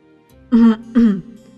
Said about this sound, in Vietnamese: Bạch Ngọc Đường cúi đầu ho một cái.